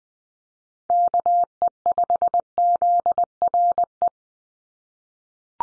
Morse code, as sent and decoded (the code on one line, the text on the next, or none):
-.- . ..... --.. .-. .
KE5ZRE